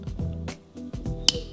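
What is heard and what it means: A Milwaukee Fastback spring-assisted serrated folding knife (48-22-1995) has its blade pressed into the handle lock while a thumb works the serrated lock mechanism, and music plays under the handling noise. A sharp metallic snap at 1.3 seconds marks the blade locking in place, seated.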